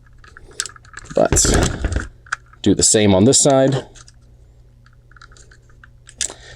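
A plastic body joint on the second side of a Transform Element TE-01 OP Leader (Optimus Prime) transforming figure is lined up and pushed into the torso, with small plastic handling clicks and someone talking. A sharp click at 6.3 s confirms the joint is seated.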